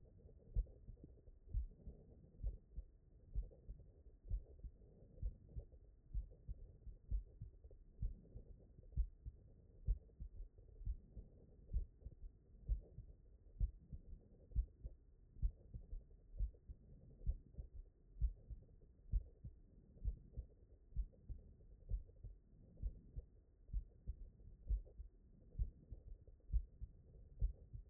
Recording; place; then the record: heart sounds by stethoscope; mitral valve (MV)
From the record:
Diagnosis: non-HFrEF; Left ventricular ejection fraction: 58%